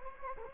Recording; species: mosquito wingbeat signal from an infrared sensor; Anopheles gambiae